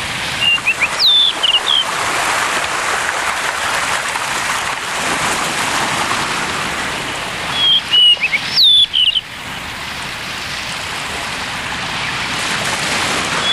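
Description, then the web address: Blue rock thrush song: two brief whistled phrases of sliding notes, several seconds apart, set against a continuous rushing noise like rain or waves. "sikioto. isohiyodori"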